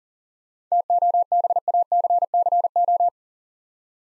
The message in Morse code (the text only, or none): TOBACCO